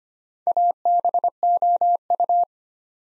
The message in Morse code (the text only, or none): ABOU